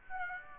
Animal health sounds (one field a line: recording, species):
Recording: mosquito wingbeat signal from an infrared sensor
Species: Aedes aegypti